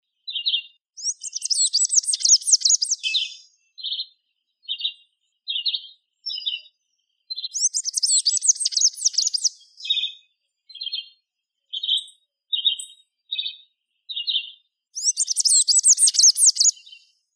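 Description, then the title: Bird song, bursts of high, rapid twittering phrases recurring every several seconds, alternating with short repeated chip notes, in otherwise quiet surroundings. "LuckyPassaros CompletosSama"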